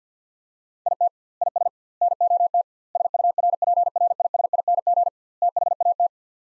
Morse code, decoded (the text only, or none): IT IS NOT SURPRISING THAT